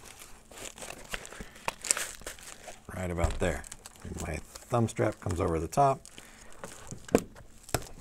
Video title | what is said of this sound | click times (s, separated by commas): Empire Battle Tested Universal Holster - Review | snaps into place and i'm locked in and ready to go | 7.7 s